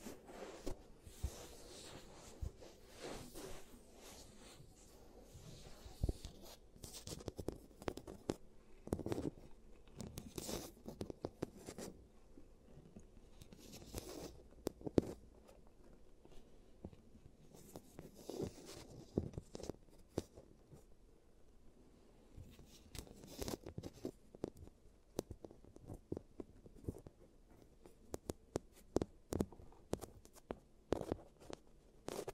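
Giant teeth treatment sounds: dense, irregular clicks and taps throughout, with scraping rustles between them and frequent sharper snaps over a quiet hum.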